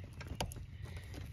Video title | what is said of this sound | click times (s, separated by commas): 99-06 Chevy GMC Truck/SUV Airbag Module Replacement | So you got to push in till you hear it click, and then you slide it back out like that. | 0.4 s